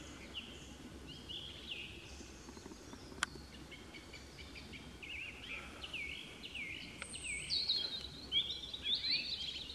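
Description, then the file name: European robin song, soft and varied: warbled high phrases rising and falling in short bursts over steady background hiss, one sharp click in the first third. "Erithacus rubecula"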